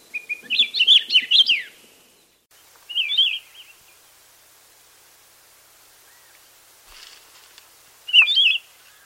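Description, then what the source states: Akiapolaau song: bursts of high, jumbled chirping warbles, the first long and rich, then shorter phrases near three and eight seconds, separated by quiet gaps. Hawaii.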